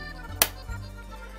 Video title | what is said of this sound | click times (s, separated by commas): How To Thread A Sewing Machine Needle | and you need to hear the clicking sound | 0.4 s